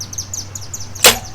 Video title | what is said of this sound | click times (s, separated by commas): My commuter bike- Brompton S1E | latch here and it'll just swing free and lock into place | 1.0 s